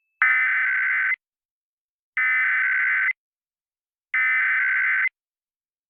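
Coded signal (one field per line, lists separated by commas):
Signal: Emergency Alert System (SAME) tones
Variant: header bursts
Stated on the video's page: San Diego EAS test.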